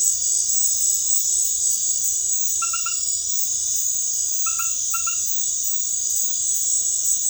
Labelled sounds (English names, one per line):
none